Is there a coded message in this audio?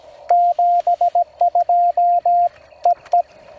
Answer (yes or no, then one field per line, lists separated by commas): yes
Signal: Morse code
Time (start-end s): 0.3-3.2 s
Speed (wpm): 17 wpm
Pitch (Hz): 700 Hz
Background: radio noise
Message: 72 EE